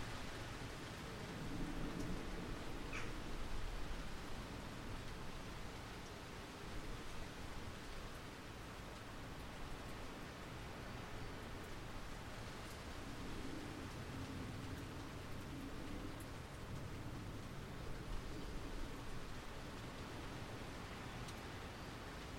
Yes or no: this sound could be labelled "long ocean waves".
no